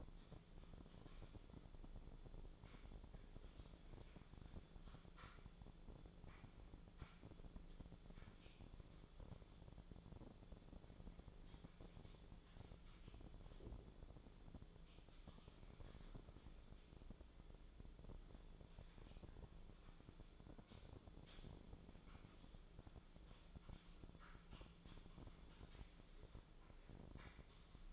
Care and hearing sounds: daily activity, microphone in the room; typing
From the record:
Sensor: 5

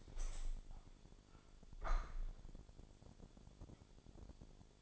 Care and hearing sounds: daily activity, microphone in the room; open window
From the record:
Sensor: 5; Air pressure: 1000.6 hPa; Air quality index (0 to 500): 151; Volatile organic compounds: 2 ppm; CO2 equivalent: 1158 ppm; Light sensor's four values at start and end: 39/92/38/41 and 39/92/38/41

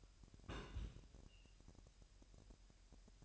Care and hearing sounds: daily activity, microphone in the room; place on stove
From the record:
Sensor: 2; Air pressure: 1001.8 hPa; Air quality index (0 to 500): 239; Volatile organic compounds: 30 ppm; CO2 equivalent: 2963 ppm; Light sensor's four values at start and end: 5/11/4/4 and 5/11/4/4

